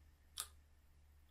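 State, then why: Seated. A plastic dental aligner tray is pressed onto the lower teeth and seats with a single sharp click at 0.4 s. Before and after the click there is only faint background noise and a low steady hum.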